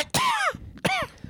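Two short, voiced, slightly throaty cough bursts about 0.7 seconds apart from an adult man.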